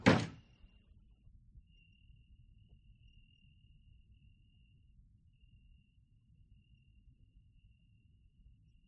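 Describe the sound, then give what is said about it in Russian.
A count slams a door shut behind a departing man, one loud, sharp bang at the very start, followed by a long quiet stretch of low rumble and a faint, steady high-pitched whine. “Граф захлопывает дверь за Камышевым.”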